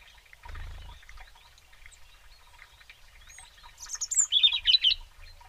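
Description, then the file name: European robin giving a short burst of high, thin, tinkling notes near the end, over a soft background chorus of other small birds. "Erithacus rubecula"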